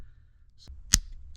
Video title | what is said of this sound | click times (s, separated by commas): 4th Gen Toyota 4Runner Rear Wiper Motor and Wiper Replacement | we'll hear it click into place. | 0.9 s